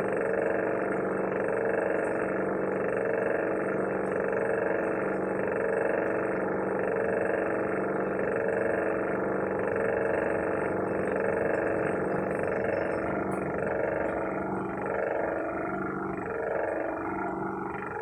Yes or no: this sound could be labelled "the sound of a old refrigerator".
yes